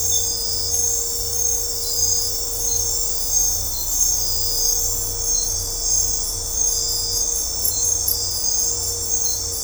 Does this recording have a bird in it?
no